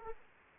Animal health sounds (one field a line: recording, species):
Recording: mosquito wingbeat signal from an infrared sensor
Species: Aedes aegypti